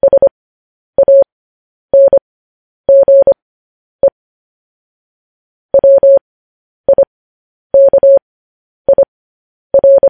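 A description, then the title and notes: Morse code beeps from a single steady mid-pitched tone, keyed in short dots and longer dashes grouped into letters roughly once a second. A longer gap falls around four to six seconds. The background is completely silent, and the tone is clean. Morse code transcription.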